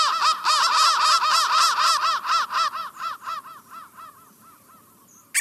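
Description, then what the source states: Crow giving fast, harsh caws, loud and overlapping at first, then thinning and fading steadily until a sharp click at the end. Processed crow sound.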